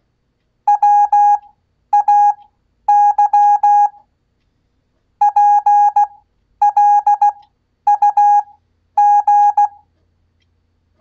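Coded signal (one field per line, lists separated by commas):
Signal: Morse code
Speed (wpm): 16 wpm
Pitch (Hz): 820 Hz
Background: none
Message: WAY PLUG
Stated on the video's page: Koch method practice at 15 WPM with Farnsworth spacing, generated by a Vectronics PMT 228 CW generator.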